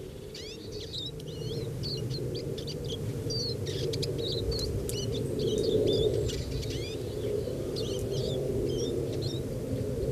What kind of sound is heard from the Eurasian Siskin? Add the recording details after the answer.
song. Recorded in the wild. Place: San Romolo, Ligurien, IT. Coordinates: 43.8578, 7.72889. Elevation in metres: 758. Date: 1984-04-12. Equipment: Uher 4000 Report, Parabolreflektor (30cm Durchmesser). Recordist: Tretzel, Erwin